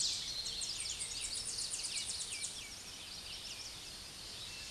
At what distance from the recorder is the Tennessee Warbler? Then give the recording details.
about 25 m. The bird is about 5 m above the microphone. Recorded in a Pennsylvania forest on 16 May 2024 at 06:25. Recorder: AudioMoth, point MSD-2155. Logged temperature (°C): 15.6 °C. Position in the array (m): 69 m, 91 m